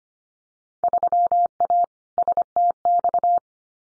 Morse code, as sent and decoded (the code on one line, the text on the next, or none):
...-- .- / ... - -..-
3A STX